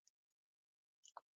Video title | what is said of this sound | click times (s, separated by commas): How to make Austrian Crystal Statement earrings | And then give it a close. And we'll hear that little click. | 1.2 s